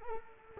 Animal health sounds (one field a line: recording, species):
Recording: mosquito wingbeat signal from an infrared sensor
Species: Culex quinquefasciatus